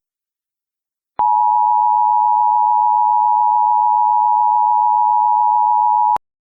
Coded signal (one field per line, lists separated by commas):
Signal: Emergency Alert System (SAME) tones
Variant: 853 and 960 Hz attention tone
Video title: EAS Scenario: Absolutely Radioactive Part 2